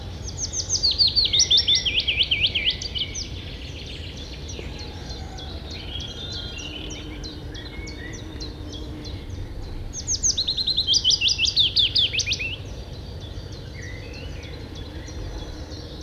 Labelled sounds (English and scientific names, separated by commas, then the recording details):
Willow Warbler (Phylloscopus trochilus) song
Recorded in the wild
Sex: male
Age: adult
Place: Wegle-Zukowo, Warminsko-Mazurskie, PL
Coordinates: 54.1, 19.45
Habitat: lake
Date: 1966-05-12 10:52
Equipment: Nagra III BH
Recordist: Schubert, Michael